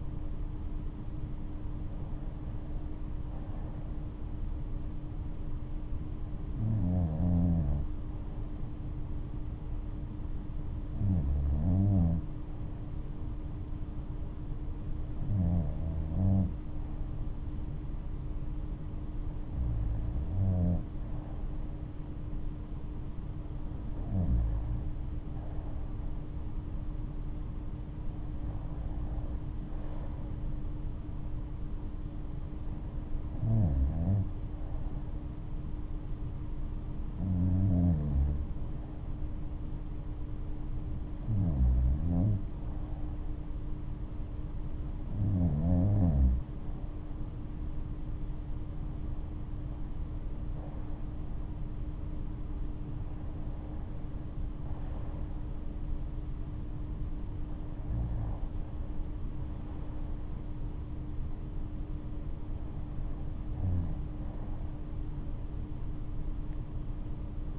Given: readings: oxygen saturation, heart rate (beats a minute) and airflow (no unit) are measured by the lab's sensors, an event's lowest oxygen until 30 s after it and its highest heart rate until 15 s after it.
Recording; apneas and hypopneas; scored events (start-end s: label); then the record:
breathing in sleep by a smartphone at the bedside; 1
5.00-29.00 s: hypopnea (REM, oxygen 97% highest, then 95% lowest, heart rate 70 at the start, 72 highest)
From the record:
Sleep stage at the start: REM sleep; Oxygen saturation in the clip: 94 to 97%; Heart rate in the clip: 64 to 75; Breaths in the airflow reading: 15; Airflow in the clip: -10.1 to 9.1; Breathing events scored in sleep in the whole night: 228 in 5.4 hours asleep